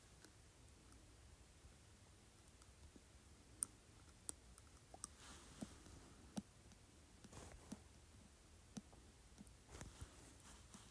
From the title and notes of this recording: ASMR Glass Cup Clinking on my Teeth.